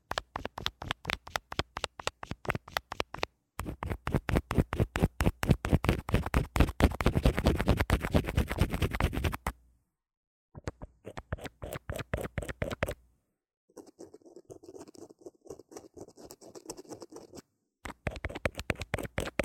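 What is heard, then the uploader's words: Rapid, regular scratching on an earphone mic comes in bursts with short silences, loudest and densest mid-clip, then softer, duller rubbing. 刷刷耳麥 | LO-FI | Earphone Mic Scratching | NO Talking.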